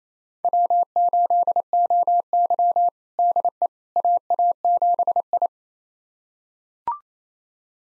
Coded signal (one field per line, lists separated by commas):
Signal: Morse code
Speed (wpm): 28 wpm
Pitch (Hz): 700 Hz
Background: none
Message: W8OY DE AA7I